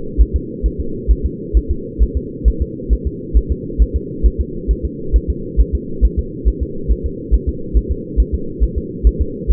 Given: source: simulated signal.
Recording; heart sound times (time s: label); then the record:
fetal heart sounds
0.21 s: S1
0.36 s: S2
0.66 s: S1
0.80 s: S2
1.11 s: S1
1.26 s: S2
1.57 s: S1
1.71 s: S2
2.03 s: S1
2.17 s: S2
2.48 s: S1
2.62 s: S2
2.93 s: S1
3.07 s: S2
3.37 s: S1
3.52 s: S2
3.82 s: S1
3.96 s: S2
4.26 s: S1
4.41 s: S2
4.71 s: S1
4.85 s: S2
5.16 s: S1
5.30 s: S2
5.60 s: S1
5.75 s: S2
6.05 s: S1
6.19 s: S2
6.48 s: S1
6.63 s: S2
6.92 s: S1
7.06 s: S2
7.34 s: S1
7.49 s: S2
7.77 s: S1
7.92 s: S2
8.20 s: S1
8.35 s: S2
8.63 s: S1
8.78 s: S2
9.07 s: S1
9.21 s: S2
9.51 s: S1
From the record:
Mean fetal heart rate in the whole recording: 135 bpm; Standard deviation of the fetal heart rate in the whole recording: 3 bpm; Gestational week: 34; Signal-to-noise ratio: -4.3 dB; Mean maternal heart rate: 72 bpm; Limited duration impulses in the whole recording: absent